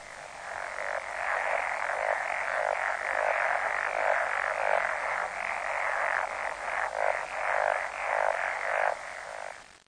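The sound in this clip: Frog croaking, rasping pulses repeated rapidly throughout.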